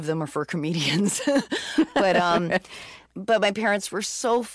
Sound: laughter